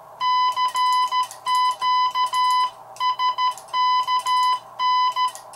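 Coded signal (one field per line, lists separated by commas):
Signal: Morse code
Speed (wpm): 13 wpm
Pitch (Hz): 1000 Hz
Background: music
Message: CQ SKN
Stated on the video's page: Straight Key Night CQ call sent with a mechanical semi-automatic bug on a modified vintage Heathkit HW-16.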